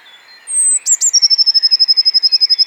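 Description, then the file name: Eurasian Blue Tit song: after a thin high whistle, two sharp notes lead into a long, steady rapid trill lasting about one and a half seconds, other birds twittering softly. "Cyanistes caeruleus"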